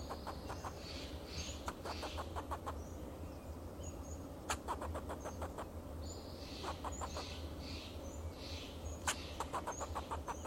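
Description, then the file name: Fox squirrel giving clipped, rapid pulse series in separate bursts, some short and some drawn out, with a steady low hum and faint chirping birds behind. "Sound of a Fox Squirrel"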